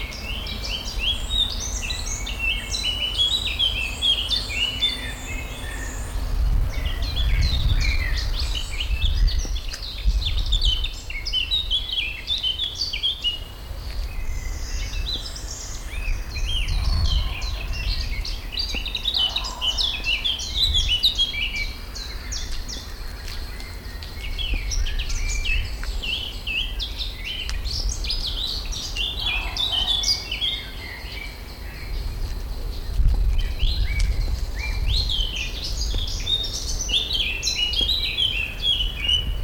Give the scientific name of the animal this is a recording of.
Sylvia atricapilla